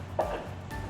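A rear brake pad for a 2020 Ford Edge with rear electric brakes is pushed into the caliper bracket while the retaining clips are held back out of the way. It pops into place with a single sharp hit at 0.2 s, with a second, softer knock near 0.7 s. The pad is confirmed seated in the bracket.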